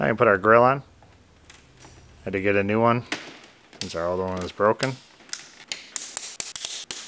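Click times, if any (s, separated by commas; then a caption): 6.9 s. Someone talks while a replacement plastic front grille, needed because the old one is broken, is pressed onto the front bumper/fascia of a 2019 Ford Explorer. A series of sharp taps starts around 6.0 s and ends in a loud snap at 6.9 s as the grille clips seat into place.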